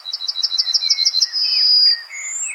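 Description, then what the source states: Yellowhammer song: a quick series of high, evenly repeated notes, followed by a longer drawn-out high note, then some fainter chirps. Song likened to little bells, heard in fields of central Russia; rendered in Russian as 'Мужик, мужик, вези сено, не тряси' and in Latvian as 'dzer-dzer-dzer-dzer-pi-nu', meaning drink milk.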